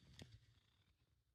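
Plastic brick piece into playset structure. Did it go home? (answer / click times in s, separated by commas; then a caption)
no / none. A plastic brick piece is handled against a playset structure ahead of a second push, with a brief sharp tick at 0.2 s over a low rumbling background. Nothing has seated or clicked into place yet.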